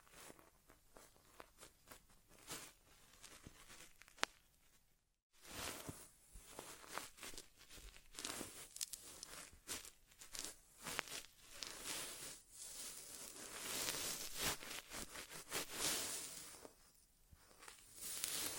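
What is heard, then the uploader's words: Crackly scratching and rustling, like tools probing an ear, with dense clusters of sharp clicks that swell and fade. The sound cuts to silence briefly around five seconds, then resumes louder and brighter, with no voice throughout. ASMR Inner Ear Exam (No Talking).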